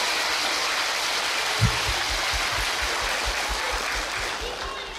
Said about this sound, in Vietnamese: Quá hay, cho chàng vỗ tay nữa.